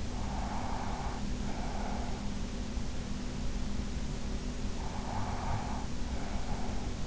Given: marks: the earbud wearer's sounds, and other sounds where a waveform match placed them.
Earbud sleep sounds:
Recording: sounds in sleep by an in-ear microphone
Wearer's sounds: breath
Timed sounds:
0.27-2.33 s: breath
4.67-7.07 s: breath

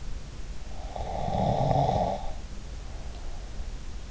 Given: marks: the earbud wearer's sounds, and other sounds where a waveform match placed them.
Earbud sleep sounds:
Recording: sounds in sleep by an in-ear microphone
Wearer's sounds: snoring breath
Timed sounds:
0.79-3.56 s: snoring breath

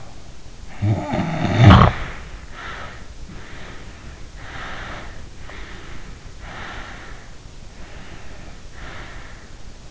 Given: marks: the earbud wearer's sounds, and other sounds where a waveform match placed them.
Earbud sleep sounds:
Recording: sounds in sleep by an in-ear microphone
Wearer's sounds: teeth grinding, snoring breath, breath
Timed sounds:
0.00-0.30 s: teeth grinding
0.57-3.07 s: snoring breath
3.33-5.37 s: breath
5.48-7.46 s: breath
7.75-9.57 s: breath

